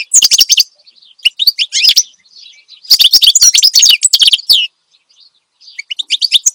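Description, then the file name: Finch giving bursts of rapid high chirping, separated by quieter gaps and a short pause near the end. Finch singing steadily and loudly (gacor), offered as a recording for training other songbirds (masteran). "Suara Kicauan Burung Finch Gacor Dor Cocok Untuk Masteran"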